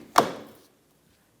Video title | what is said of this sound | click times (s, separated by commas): How to Replace Side Marker Lights 2011-2021 Jeep Grand Cherokee | listen for a click | 0.2 s